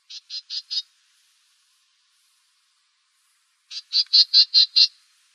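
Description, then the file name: Black-tailed gnatcatcher: a quick series of four harsh buzzy notes, a pause of about three seconds, then six louder rasping notes in rapid succession. "BTGN 3 deviche"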